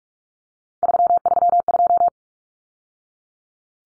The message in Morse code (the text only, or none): 332